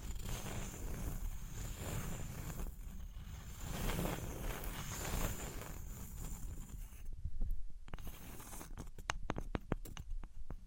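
Materials such as wood, cork, sponge, foam, glass and plastic being handled. For the first seven seconds a dense, rough scraping and rubbing runs continuously, with a thin steady whine above it. Then it drops away, leaving sharp clicks and taps that come quickly near the end.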